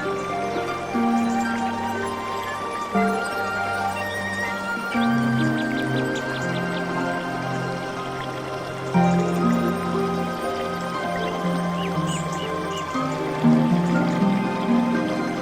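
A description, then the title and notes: Calm zen music with nature sounds: soft sustained tones hold steady, shifting to new pitches every few seconds, with a gentle low drone beneath. Light dripping water sounds run throughout, and small bell-like plucks appear around four to five and again near twelve seconds. Calming Music - Nature Sounds, Zen Music.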